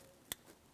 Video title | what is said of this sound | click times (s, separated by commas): How to Replace Crankshaft Position Sensor 2007-2014 Ford Edge 3.5L V6 | After that audible click, just a light tug. | 0.3 s